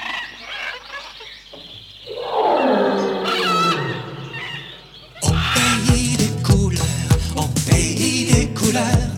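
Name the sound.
lion roaring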